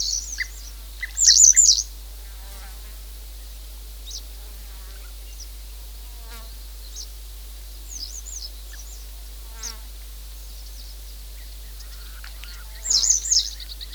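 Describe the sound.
Bird song in short, very high, thin twittering phrases, one early and one near the end, with faint chirps scattered between under a steady low hum.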